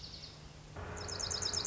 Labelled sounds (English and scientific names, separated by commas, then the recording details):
Dark-eyed Junco (Junco hyemalis)
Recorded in Sonoma County, California